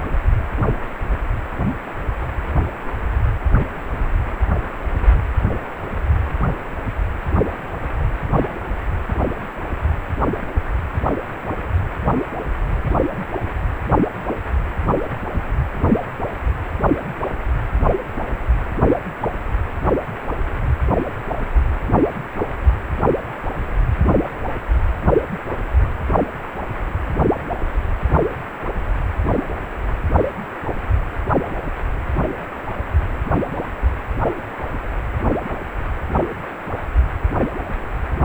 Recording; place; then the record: Doppler ultrasound of blood flow; precordium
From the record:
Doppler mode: pulsed wave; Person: healthy adult, 18 to 50 years, no heart murmur, not diving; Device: 2.5 MHz transducer